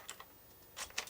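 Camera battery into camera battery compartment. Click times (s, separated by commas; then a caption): 1.0 s. A battery for a Canon R50V camera is pushed into the camera's grip compartment until the small gray lock catches it. A few light ticks sound near 0.1 and 0.2 seconds, followed by a brief rustling scrape around 0.8 seconds. A sharp click at 1.0 seconds marks the battery locking in place.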